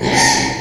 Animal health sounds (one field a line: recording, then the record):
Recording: squeal of a Yucatan mini pig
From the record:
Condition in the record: before surgery on the right vocal fold (resection and tissue-engineered implant)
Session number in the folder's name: 2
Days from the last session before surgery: 0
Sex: male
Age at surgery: 12 weeks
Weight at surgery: 13 kg